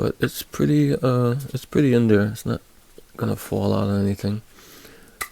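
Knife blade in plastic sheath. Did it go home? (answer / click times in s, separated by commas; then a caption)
released / 5.2 s. A fixed-blade knife is pulled from its plastic sheath, which holds it only by friction on raised plastic parts inside, with no click when it goes in. Someone talks for most of the clip. At 5.2 s a short, sharp pop is heard as the knife is released from the sheath.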